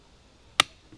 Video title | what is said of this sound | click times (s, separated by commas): FightLite MCR Belt Fed AR15 | when it locks into place you're good to go that's it guys huh | 0.6 s